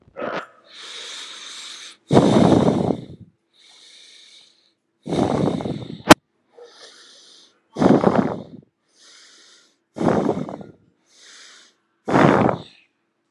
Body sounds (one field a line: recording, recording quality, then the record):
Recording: deep breathing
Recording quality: excellent, no background noise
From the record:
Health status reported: healthy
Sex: male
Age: 24 years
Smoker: yes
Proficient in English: yes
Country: India